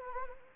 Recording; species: mosquito wingbeat signal from an infrared sensor; Anopheles gambiae